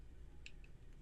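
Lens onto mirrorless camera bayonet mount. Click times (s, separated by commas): 0.5 s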